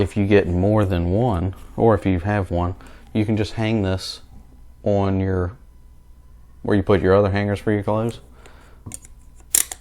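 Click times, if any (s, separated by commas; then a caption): 9.5 s. Someone talks, then a plastic belt hanger clip is pushed onto its mount, and a few small clicks lead to a sharp click at 9.6 s as the clip seats into place.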